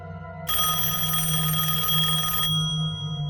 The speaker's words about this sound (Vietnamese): Tôi bị tiếng chuông điện thoại làm cho giật bắn mình. Là ai đêm hôm lại gọi điện tới vậy nhỉ?